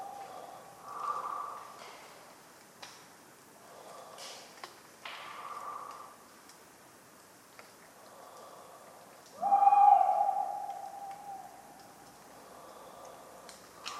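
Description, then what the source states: Tawny owl: one long, loud, flat hoot late, among soft breathy sounds and occasional sharp clicks. Cold autumn night, 11 November 1995, at the Ménigoute ornithological film festival, France; a talkative owl; regular falling acorns; the recordist fell asleep, so his sleeping sounds mix in.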